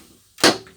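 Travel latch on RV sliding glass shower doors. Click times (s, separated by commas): 0.4 s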